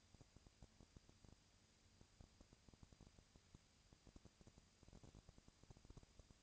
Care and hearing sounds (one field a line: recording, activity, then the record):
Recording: daily activity, microphone in the room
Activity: no activity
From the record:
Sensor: 2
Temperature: 20.3 degrees Celsius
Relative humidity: 37.0%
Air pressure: 998.7 hPa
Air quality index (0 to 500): 236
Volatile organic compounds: 38 ppm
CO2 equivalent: 3114 ppm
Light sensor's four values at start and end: 2/3/2/2 and 2/3/2/2